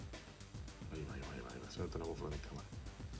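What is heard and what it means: A swappable plastic accessory piece is worked back into a Medicom Toys MAFEX X-Men Psylocke (Comic ver) reissue action figure to return it to its original version. Someone talks over music while handling the part. Nothing has seated or clicked yet.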